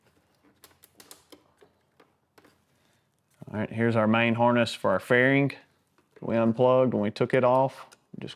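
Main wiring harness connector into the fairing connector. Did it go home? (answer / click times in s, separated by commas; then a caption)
no / none. Short, sharp handling taps and clicks sound around 0.6 to 2.4 seconds as the main wiring harness connector for the fairing of a 2024-2026 Street Glide, unplugged when the fairing was taken off, is handled for plugging back into the fairing connector. Someone then talks. Nothing has seated or clicked yet.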